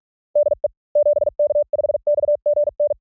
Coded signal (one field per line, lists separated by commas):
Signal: Morse code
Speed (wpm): 44 wpm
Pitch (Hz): 580 Hz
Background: none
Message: DE 7K5XGN